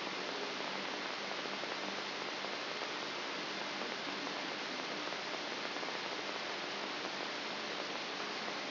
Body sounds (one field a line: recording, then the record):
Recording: brain microelectrode recording played as sound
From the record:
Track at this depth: outside the subthalamic nucleus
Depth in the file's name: 6.501 mm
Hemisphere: left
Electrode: 3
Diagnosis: Parkinson's disease